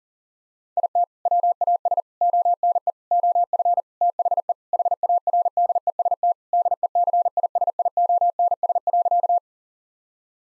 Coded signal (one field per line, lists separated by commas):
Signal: Morse code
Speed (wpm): 40 wpm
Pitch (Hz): 700 Hz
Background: none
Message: IT WAS ONE OF THE HARDEST DECISIONS.